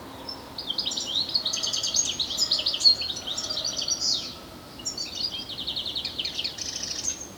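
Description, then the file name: European goldfinch twittering in two long bursts of rapid, jingling high notes, a brief pause between them. "Carduelis carduelis"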